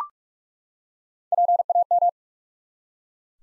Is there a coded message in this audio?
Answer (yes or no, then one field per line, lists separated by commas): yes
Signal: Morse code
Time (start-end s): 1.3-2.1 s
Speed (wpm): 46 wpm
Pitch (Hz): 700 Hz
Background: none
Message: PAM